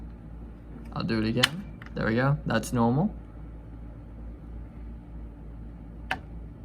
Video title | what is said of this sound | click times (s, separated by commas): How to install a CPU on to a Motherboard | heard that click | 6.1 s